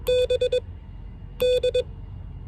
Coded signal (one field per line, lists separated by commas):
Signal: Morse code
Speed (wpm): 22 wpm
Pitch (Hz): 500 Hz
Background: none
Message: B D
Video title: Morse code lesson #5